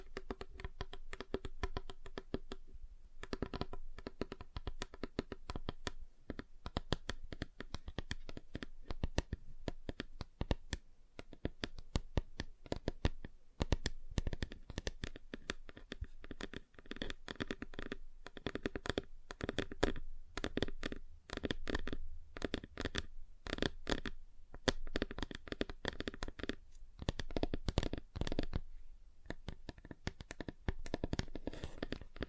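Fingers tap and scratch across different table surfaces in dense, uneven flurries of sharp clicks and thuds, with brief pauses throughout.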